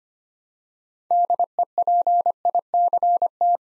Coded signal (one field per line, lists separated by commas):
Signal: Morse code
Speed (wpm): 25 wpm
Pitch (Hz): 700 Hz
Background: none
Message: DEPICT